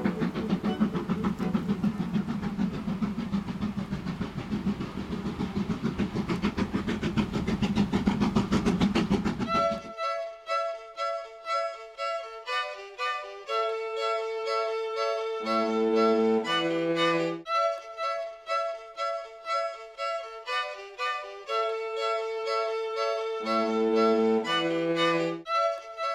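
A steam train runs for the first ten seconds, a dense, noisy roar with a heavy low rumble and fast, regular clatter close by. It cuts off abruptly to a clean electronic melody of bright, stepped notes with short bass phrases, repeating in a pattern until the end.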